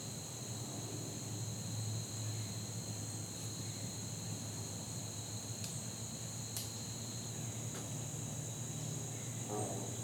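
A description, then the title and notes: Insects drone in a steady, high whine over a low engine rumble, with a few sharp taps around the middle like falling acorns. Soundcast: Insects and Acorns. Recorded on a fall day that felt more like late summer, down to the insects droning like the heat. As a seasonal touch they were joined on percussion by the falling acorns bombarding the neighborhood.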